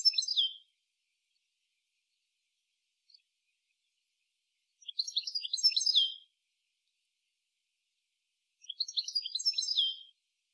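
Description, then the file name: European goldfinch giving bright twittering phrases, each a second or so long and spaced several seconds apart, with near silence between them. "Carduelis carduelis"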